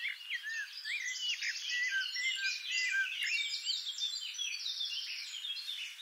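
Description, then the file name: Eurasian wren, a long, busy high-pitched song of rapid trills and slurred notes, delivered nonstop for several seconds. "Troglodytes troglodytes"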